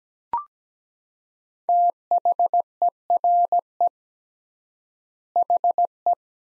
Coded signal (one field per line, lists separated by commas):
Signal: Morse code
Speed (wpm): 17 wpm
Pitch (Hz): 700 Hz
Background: none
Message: THERE HE